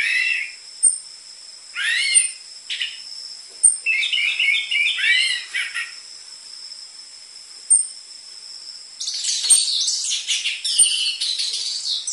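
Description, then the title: Orange-headed thrush song: short slurred notes, then chattering runs of quick varied phrases, with sharp high chips and a steady shrill whine behind. Energetic (gacor) lure (pancingan) and master song material for training caged orange-headed thrushes; dense filler song ('isian rapat'), suited to young spotted 'trotol' birds. "PANCINGAN Anis Merah Gacor Materi Isian Rapat Cocok Untuk MASTERAN Anis Merah TROTOL"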